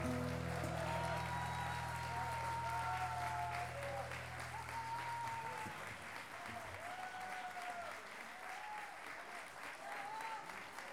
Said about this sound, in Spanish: Por eso, dice Contreras, aplauso a Rodrigo Núñez.